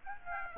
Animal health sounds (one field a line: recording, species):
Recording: mosquito wingbeat signal from an infrared sensor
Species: Aedes aegypti